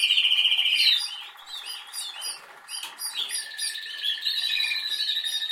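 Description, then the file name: Canary song starting with a loud, fast rattling trill, then softer chatter and a long steady rolling tour. "Canary Voice"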